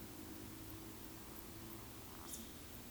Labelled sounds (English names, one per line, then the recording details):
Eurasian Woodcock whistle
Eurasian Woodcock croak
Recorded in Baden-Württemberg, Germany, on 13 June 2021 at 19:50 UTC
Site 23718, 552 m above sea level